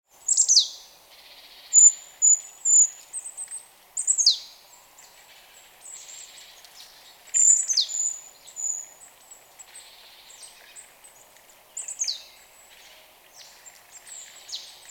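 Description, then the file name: Marsh tit calling: sharp, very high notes that slide steeply downward, given in short clusters with thin high notes between them, in a quiet background. "Poecile palustris"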